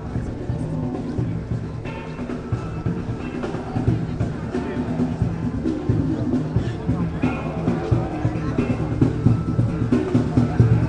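Christmas bustle in Cologne's city centre: a steady, dense murmur of many voices overlapping, with no single speaker standing out. Low rumbling sits underneath throughout, and brief clatters and footsteps come through, growing slightly louder toward the end.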